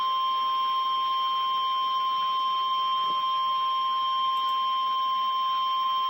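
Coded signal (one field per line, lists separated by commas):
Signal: Emergency Alert System (SAME) tones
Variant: 1050 Hz attention tone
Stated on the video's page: Real EAS severe thunderstorm warning.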